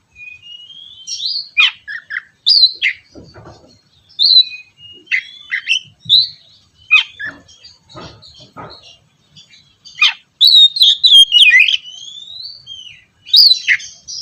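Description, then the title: Oriental magpie-robin song: varied sweet whistles, sharp chips and rasping phrases, rising and falling, given in clusters with brief silences and some faint low thuds. "kacer"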